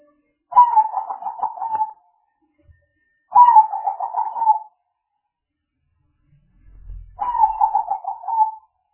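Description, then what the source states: Spotted dove giving three throaty, pulsed coo phrases spaced about three to four seconds apart, with a brief low rumble just before the last phrase. Used as a lure for trapping spotted doves.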